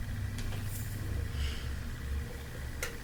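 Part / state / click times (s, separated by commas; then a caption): barrel insert into paintball marker barrel back / seated / 2.8 s. A barrel insert is pushed into the back of a paintball marker barrel and forced over an o-ring, a tight fit because it has no lube. A faint tick comes at about 0.4 s over a steady low hum, then a sharper click at 2.8 s as the insert seats past the o-ring, before the rotate-and-lock step.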